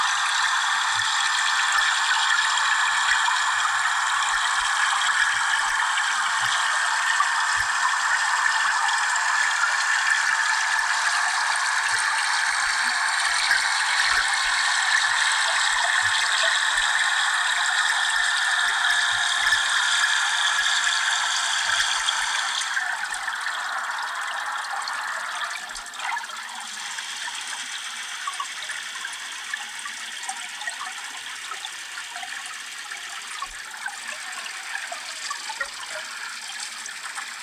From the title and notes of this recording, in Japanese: 印旛沼。一見すると流れがなさそうな感じでしたが水中では流水の音がしていました。マイクロフォン：JrF microphones STANDARD HYDROPHONE×2。